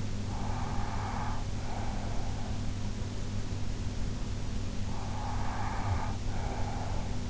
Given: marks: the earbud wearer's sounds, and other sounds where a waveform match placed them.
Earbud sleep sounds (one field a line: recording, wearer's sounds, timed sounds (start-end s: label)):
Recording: sounds in sleep by an in-ear microphone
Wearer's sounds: breath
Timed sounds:
0.27-2.61 s: breath
5.02-7.30 s: breath